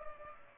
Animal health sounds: mosquito wingbeat signal from an infrared sensor; Culex pipiens

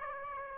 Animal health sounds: mosquito wingbeat signal from an infrared sensor; Aedes aegypti

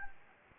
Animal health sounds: mosquito wingbeat signal from an infrared sensor; Anopheles gambiae

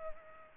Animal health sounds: mosquito wingbeat signal from an infrared sensor; Culex pipiens

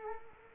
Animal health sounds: mosquito wingbeat signal from an infrared sensor; Culex quinquefasciatus

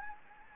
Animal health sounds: mosquito wingbeat signal from an infrared sensor; Anopheles gambiae

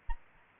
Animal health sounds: mosquito wingbeat signal from an infrared sensor; Aedes albopictus

